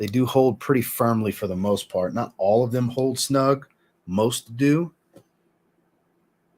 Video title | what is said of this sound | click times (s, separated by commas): NEW Fragrances Added to My Collection: Roja Parfums & Gentleman's Nod LIVESTREAM 2023 | See, even though it doesn't click into place, it's pretty snug for the most part. | none